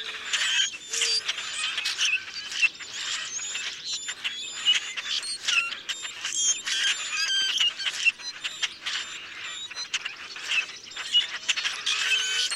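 Common grackle flock: many squeaky, creaking notes and sharp clicks chattering almost continuously, with a few short low whistles underneath.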